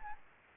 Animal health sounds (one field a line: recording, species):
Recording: mosquito wingbeat signal from an infrared sensor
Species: Anopheles gambiae